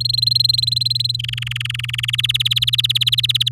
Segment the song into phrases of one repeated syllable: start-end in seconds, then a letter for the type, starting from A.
0.00-1.16 A, 1.19-2.11 B, 2.13-3.49 C